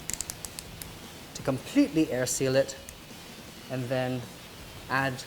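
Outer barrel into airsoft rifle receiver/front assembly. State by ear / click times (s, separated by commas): seated / 0.1 s, 0.2 s, 0.3 s, 0.4 s, 0.6 s, 0.8 s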